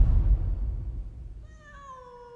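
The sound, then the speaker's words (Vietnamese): A single drawn-out meow from a cat held in a man's arms in a banana garden rises in over a low rumbling background, its pitch sliding gently downward as it trails off, moderately loud with no talking. “Bởi vì đúng như lời con Yến nói là Bắc Phúc, là bố nó đang đứng ở trong vườn chuối, tay đang ôm con mèo.”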